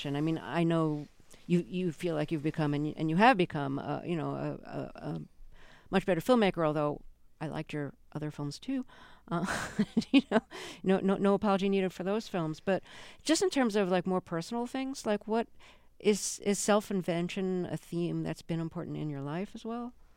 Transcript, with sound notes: I mean I know you feel like you've become - and you have become a, you know, a much better filmmaker although, I liked your other films too.
(LAUGHTER)
No apologies needed for those films. But just in terms of like more personal things, like what, is self invention a theme that's been important in your life as well?